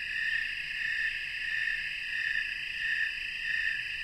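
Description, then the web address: Snowy tree crickets, a shrill chorus of rhythmic chirping whose loudness pulses together about every half second to two-thirds of a second. Chorus of many crickets, North America. "Natures Songs N America Songs of Insects -Snowy Tree Cricket chorus"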